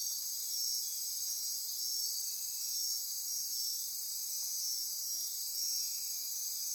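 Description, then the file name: Insect chorus, a constant high trilling drone made of layered tones, gently swelling and fading in loudness. Insect chorus recorded at midnight near Corcovado. "Wind-is-the-Original-Radio-Fridays Andy-Martin Midnight-Insect-Chorus-Near-Corcovado"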